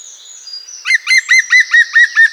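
Bird song: a faint high whistle, then a quick, even series of loud, identical chirping notes.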